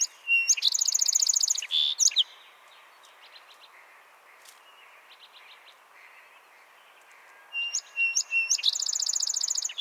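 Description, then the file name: Song sparrow singing twice, each song opening with crisp notes and then a rapid trill, the second cut off during its trill; faint chips in the quiet gap between. "Melospiza melodia - Song Sparrow"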